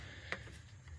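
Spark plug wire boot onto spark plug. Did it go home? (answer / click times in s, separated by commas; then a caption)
yes / 0.3 s. A spark plug wire boot is pushed onto the spark plug terminal of a Ford F-150 4.2L V6 engine over a low steady hum. A sharp, distinct click at 0.3 s shows the boot fully seated on the plug, followed by a much fainter tick near 0.9 s.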